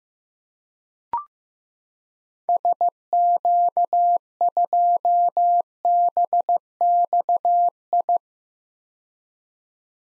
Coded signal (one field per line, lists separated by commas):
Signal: Morse code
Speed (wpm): 16 wpm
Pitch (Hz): 700 Hz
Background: none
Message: SQ2BXI